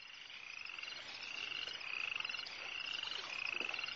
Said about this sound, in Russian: Сидела она в болоте, ловила комаров да мошку, весною громко квакала вместе со своими подругами.